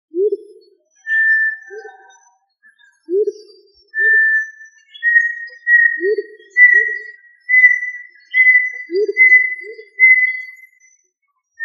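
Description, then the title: Tinamou calls: short low hoots come in pairs, a long pure whistle gradually climbs slightly in pitch, and brief faint chirps sit above. "Familia Tinamidae - Quail - Puyuh"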